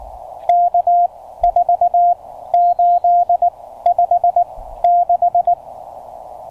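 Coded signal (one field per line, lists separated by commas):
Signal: Morse code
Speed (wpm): 20 wpm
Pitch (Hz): 690 Hz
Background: radio noise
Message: K4856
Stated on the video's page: CW park activation with a Penntek TR-35 on 40 m and then 20 m.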